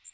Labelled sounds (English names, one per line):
Magnolia Warbler flight call